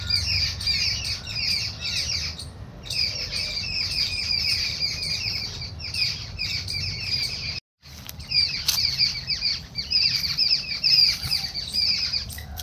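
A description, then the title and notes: A dense chorus of small birds such as warblers, tailor birds and robins chirps almost without pause, with quick high trills and twitters layered over one another. A low rumble runs underneath throughout, and the sound cuts out briefly near the eight-second mark before the chorus resumes. Bird songs.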